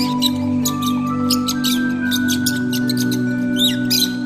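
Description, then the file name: Lovebird chatter: sharp, high squeaky chirps scattered irregularly, with a constant low tonal hum underneath. Lovebirds, used for audio therapy. "audio terapi lovebirds"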